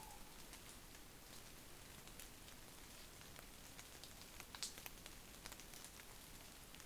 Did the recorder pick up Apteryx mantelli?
no